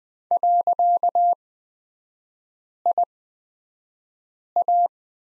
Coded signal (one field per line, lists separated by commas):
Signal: Morse code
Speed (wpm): 20 wpm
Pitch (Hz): 700 Hz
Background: none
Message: .IA